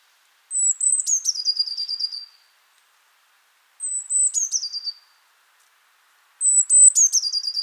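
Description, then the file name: Eurasian blue tit song: a thin high whistle slides down into a fast buzzy trill, the phrase repeated three times about every three seconds in quiet surroundings. "Cyanistes caeruleus"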